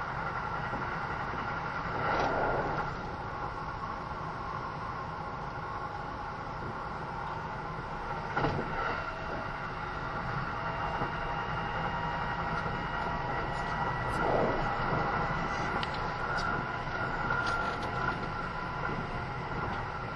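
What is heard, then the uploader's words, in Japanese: Recorded aboard an express train in motion: a steady, dense rumble with a sustained mid-pitched motor whine holding throughout. Brief louder bumps of rail clatter pass at about 2, 8 and 14 seconds over the constant ride noise. 近鉄80000系 (10番台日立製)ひのとり3113レ 01/01:近鉄名古屋～五十鈴川。Vehicles in the 10th series are equipped with Hitachi equipment in the control device and traction motor.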